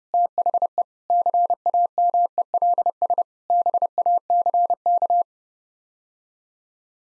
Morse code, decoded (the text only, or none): THE CAMELS BACK